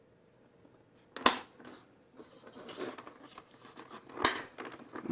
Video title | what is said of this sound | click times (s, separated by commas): How To Replace LCD Screen On Mercedes Benz AMG, C-Class, W203 | you hear those snaps | 1.3 s, 4.2 s